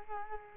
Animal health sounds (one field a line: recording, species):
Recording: mosquito wingbeat signal from an infrared sensor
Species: Culex quinquefasciatus